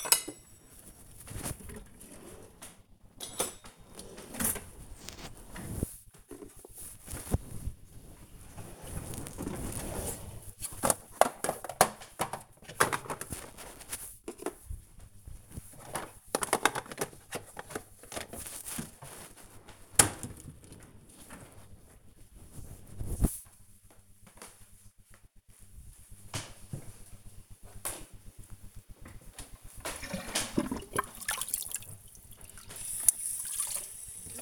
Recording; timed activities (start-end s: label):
household activities, microphone on the right wrist
0.00-21.22 s: putting away the dishes
28.27-34.42 s: washing dishes